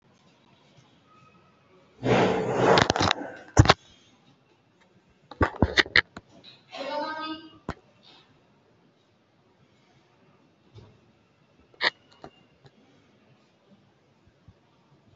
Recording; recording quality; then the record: shallow breathing; poor, much background noise or distortion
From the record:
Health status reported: respiratory illness, not identified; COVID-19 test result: negative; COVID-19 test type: RT-PCR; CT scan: taken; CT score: 2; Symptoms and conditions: cold, breathing difficulty, chronic lung disease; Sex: male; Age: 63 years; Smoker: no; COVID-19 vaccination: one dose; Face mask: worn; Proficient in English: yes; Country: India